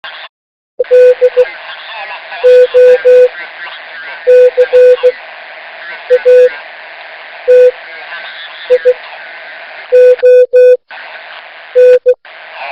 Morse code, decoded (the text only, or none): DOCATION